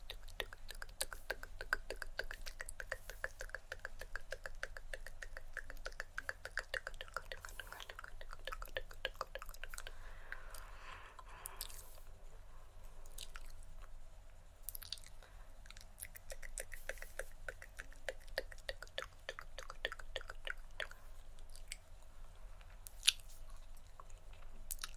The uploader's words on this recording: ASMR Hand Movements With Assorted Mouth Sounds (Tongue Clicking, Shoop, TkTk).